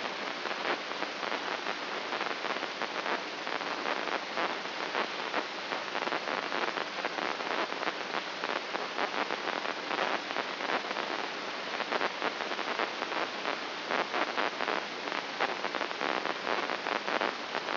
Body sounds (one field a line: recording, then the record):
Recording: brain microelectrode recording played as sound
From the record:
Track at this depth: outside the subthalamic nucleus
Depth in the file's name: 7.428 mm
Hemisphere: left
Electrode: 3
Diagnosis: Parkinson's disease